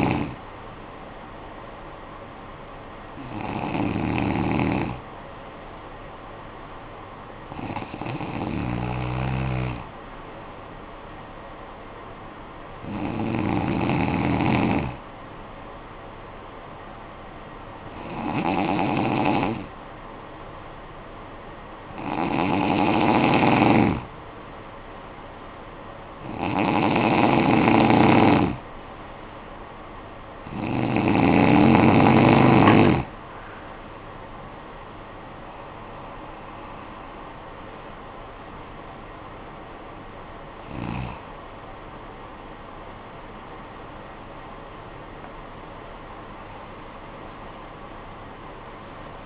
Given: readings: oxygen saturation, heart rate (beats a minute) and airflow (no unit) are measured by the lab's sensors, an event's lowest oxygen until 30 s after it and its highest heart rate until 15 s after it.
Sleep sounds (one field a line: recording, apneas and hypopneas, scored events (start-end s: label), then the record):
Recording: breathing in sleep by a voice recorder at the bedside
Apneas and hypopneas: 1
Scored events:
4.00-49.26 s: new sleep stage, N2 (light sleep)
8.00-29.10 s: hypopnea (N2, oxygen 95% highest, then 91% lowest, heart rate 54 at the start, 71 highest)
From the record:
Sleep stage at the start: N1 (lightest sleep)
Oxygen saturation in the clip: 91 to 95%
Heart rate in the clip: 51 to 71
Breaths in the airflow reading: 11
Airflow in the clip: -11.5 to 10.5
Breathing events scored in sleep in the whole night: 445 in 7.6 hours asleep